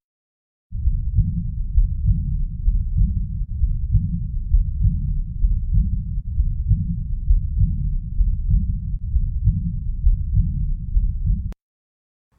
Aortic regurgitation causes an early diastolic and quite a soft murmur. It's a really subtle murmur that even cardiologists can miss. After the second heart sound, a gentle, soft, early diastolic murmur. Heart sounds recorded on a Thinklabs Digital Stethoscope.